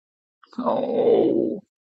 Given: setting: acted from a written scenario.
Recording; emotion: vocal sound without words; sadness